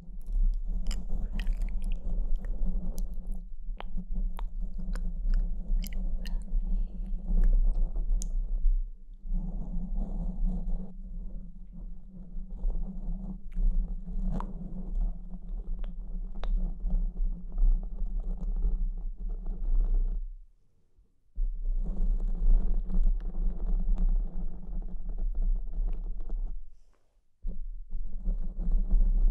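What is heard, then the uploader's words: Dense scratching and pinching over a steady low hum, with sharp crisp clicks scattered through the first eight seconds. The rubbing texture runs almost continuously, then cuts out briefly to near silence around 20 seconds and again around 27 seconds. BRAIN TINGLES PINCHING SCRATCHING FOR SLEEP and RELAXATION ASMR.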